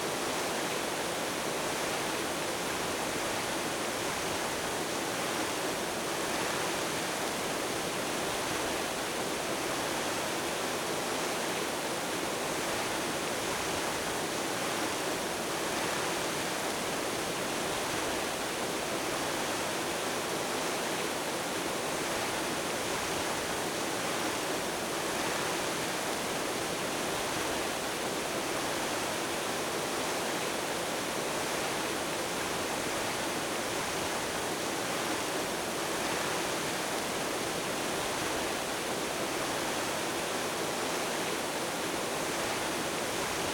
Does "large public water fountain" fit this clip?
yes